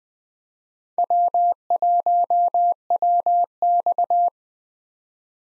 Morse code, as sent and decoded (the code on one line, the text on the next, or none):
.-- .---- .-- -..-
W1WX